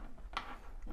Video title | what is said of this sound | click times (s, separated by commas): How to Set Up OMRON V440-F High Resolution C-Mount Code Reader | you simply press into the ethernet port until it clicks | 0.4 s